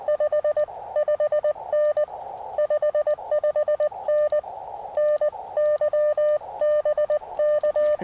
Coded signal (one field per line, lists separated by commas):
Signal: Morse code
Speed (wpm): 20 wpm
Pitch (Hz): 600 Hz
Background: none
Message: 55N 55N NY BK